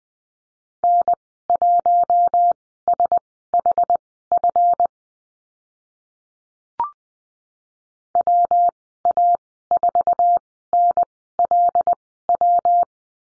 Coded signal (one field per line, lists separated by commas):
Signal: Morse code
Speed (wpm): 20 wpm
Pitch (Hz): 700 Hz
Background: none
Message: N1SHF WA4NLW